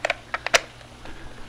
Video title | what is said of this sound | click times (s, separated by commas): Unboxing & Review of the Inkbird Wifi Barbecue Temperature Controller | corrugated hose here that kind of stretches and it clicks right into the side | 0.1 s